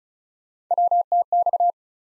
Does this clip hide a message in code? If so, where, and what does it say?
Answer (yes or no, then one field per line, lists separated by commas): yes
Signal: Morse code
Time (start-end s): 0.7-1.7 s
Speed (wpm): 36 wpm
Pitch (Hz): 700 Hz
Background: none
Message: WTX